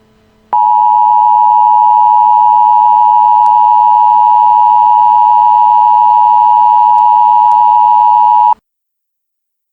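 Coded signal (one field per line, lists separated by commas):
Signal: Emergency Alert System (SAME) tones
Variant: 853 and 960 Hz attention tone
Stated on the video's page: Fictional, game-themed Emergency Alert System missing person alert.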